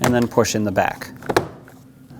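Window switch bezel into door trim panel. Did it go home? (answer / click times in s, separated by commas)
yes / 1.4 s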